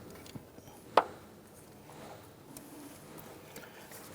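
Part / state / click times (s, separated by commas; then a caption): wiring harness connector into crankshaft position sensor / seated / 1.0 s. A wiring harness electrical plug is lined up and pushed into the socket of a new crankshaft position sensor on a 1997-2006 Jeep Wrangler. It gives one sharp snap at 0.98 s against quiet background handling, with a few fainter taps afterward. The connector is seated.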